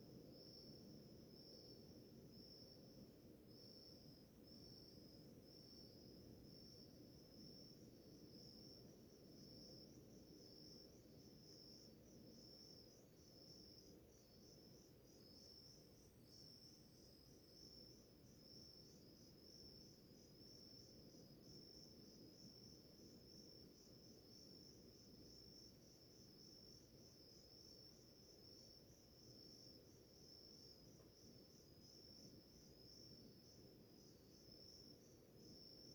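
Crickets chirp in a steady, dense, high-pitched pulsing trill that runs unbroken for the whole stretch, with a fainter higher buzz above it. Underneath lies a constant low rumble of background noise, with no rooster or clear birdsong standing out.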